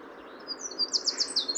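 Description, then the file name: Eurasian wren producing a quick run of five or six piercing high notes after a thin lead-in, over soft background noise. "Troglodytes troglodytes"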